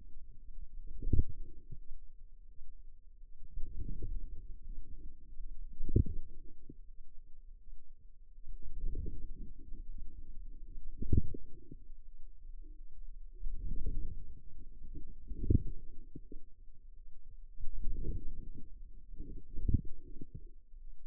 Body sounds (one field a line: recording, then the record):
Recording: forearm muscle sounds (acoustic myography)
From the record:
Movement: outward rotation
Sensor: system 2, bracelet of six BSWA MPA416 microphones around the upper forearm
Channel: 1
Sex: female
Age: 23 years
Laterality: right